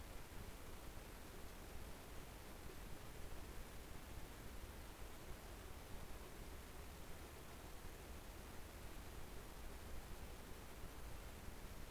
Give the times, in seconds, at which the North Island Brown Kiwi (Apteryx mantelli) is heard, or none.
none